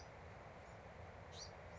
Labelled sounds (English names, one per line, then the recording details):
Bewick's Wren
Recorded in Sonoma County, California